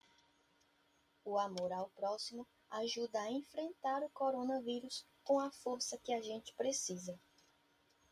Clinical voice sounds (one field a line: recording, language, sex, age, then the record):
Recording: spoken sentence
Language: Brazilian Portuguese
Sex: female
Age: 30 to 39 years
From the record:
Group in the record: control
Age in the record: 30 years